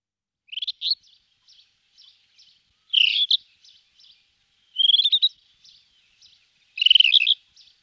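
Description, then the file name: Rufous-tailed scrub robin delivering brief chattering, warbling phrases roughly every two seconds, each a quick run of bright notes, with soft fainter notes in the gaps. "Fr meaux Nature - Acrobate roux Rufous Bush Robin"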